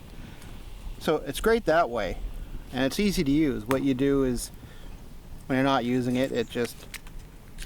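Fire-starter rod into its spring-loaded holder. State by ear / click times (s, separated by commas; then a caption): not seated / none. Someone talks while handling a spring-loaded fire-starter ferro rod tool, about to stow the rod into its spring-loaded holder where it locks in place. A few faint, brief handling ticks come near the end, around 7.1 and 7.6 seconds, but the rod has not locked into the holder or clicked yet.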